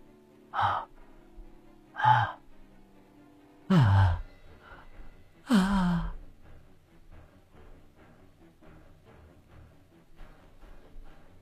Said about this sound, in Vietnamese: Ông cụ lúc này đang nằm dưới đất thở dốc.